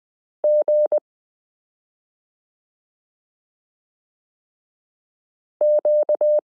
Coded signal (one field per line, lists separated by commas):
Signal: Morse code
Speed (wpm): 20 wpm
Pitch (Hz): 600 Hz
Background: none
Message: GQ